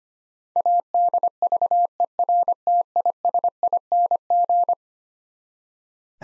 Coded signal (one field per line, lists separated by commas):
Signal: Morse code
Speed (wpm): 25 wpm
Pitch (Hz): 700 Hz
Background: none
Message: ADVERTISING